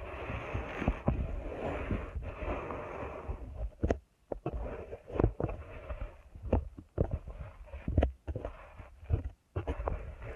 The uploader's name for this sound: ASMR Deep Ear Canal Massage